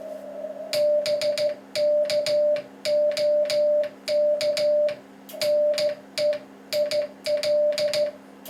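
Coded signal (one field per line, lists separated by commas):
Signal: Morse code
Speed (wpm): 13 wpm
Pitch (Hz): 590 Hz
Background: music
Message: BKOK NEIL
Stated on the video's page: Sent on an 80-year-old Spitfire aircraft Morse key once used for plane-to-plane communication.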